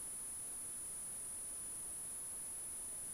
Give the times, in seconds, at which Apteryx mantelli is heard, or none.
none